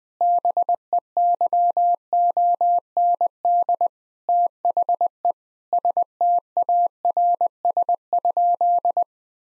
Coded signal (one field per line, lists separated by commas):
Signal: Morse code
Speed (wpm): 20 wpm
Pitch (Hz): 700 Hz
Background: none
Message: BEYOND THE STARS?